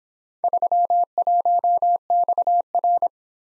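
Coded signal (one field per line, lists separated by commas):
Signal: Morse code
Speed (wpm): 24 wpm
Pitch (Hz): 700 Hz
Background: none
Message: 31XR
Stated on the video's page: Morse practice of four-character letter-number groups in a speed-racing format, starting fast and slowing to a 17 wpm base, final repeat at maximum speed.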